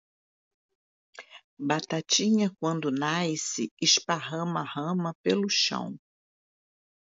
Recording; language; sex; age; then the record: short text; Brazilian Portuguese; female; 60 to 69 years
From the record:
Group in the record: control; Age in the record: 68 years